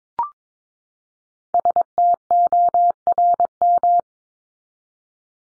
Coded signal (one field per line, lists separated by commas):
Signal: Morse code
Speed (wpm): 22 wpm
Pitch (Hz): 700 Hz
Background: none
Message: STORM